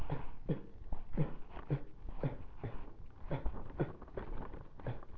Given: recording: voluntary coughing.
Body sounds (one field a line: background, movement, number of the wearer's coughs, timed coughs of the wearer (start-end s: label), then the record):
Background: quiet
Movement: walking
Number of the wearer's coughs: 9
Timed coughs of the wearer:
0.07-0.27 s: cough
0.47-0.68 s: cough
1.11-1.41 s: cough
1.68-1.98 s: cough
2.20-2.46 s: cough
2.61-2.98 s: cough
3.28-3.47 s: cough
3.77-3.99 s: cough
4.84-5.04 s: cough
From the record:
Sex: male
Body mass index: 23.7 kg/m2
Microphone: on the chest, facing the body